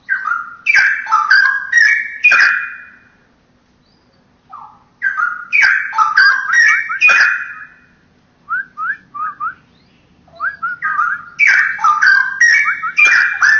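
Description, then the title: Oriental magpie-robin song in distinct bursts of sharp, varied whistled notes, each burst a few seconds long, separated by pauses, with softer slurred whistles between. "Kicau Kacer"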